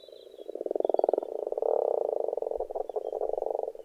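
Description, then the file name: Frogs croaking in a steady overlapping chorus of quick pulsed rattles. Frogs in a pond. "benboncan frogs-in-a-pond"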